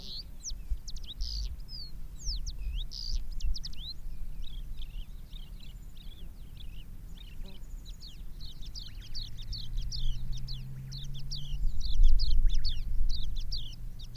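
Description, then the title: Javan bush lark singing a long, varied stream of high whistled and slurred notes, quickening into a dense rapid run through the second half, with low background hum. "Suara Burung Branjangan"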